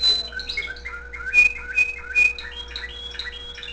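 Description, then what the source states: Canary singing a quick run of bright, whistled notes jumping between pitches, with a few sharp higher accents. Owner's own canary singing, with background music playing.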